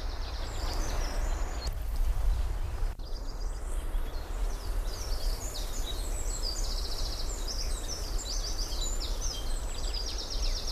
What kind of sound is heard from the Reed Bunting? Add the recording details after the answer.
song. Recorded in the wild. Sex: male. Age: adult. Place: Mühlenbecker Land, OT Buchhorst, Naturpark Barnim, Brandenburg, DE. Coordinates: 52.6733, 13.3925. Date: 1991-07-06 10:56. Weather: sunny, 27 °C. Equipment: Marantz, Sennheiser ME 80, Kopie Tesla B 116. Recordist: Tembrock, Günter